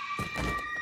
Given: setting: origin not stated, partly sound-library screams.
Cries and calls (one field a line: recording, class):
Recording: one-second piece from a danger detection set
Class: woman in danger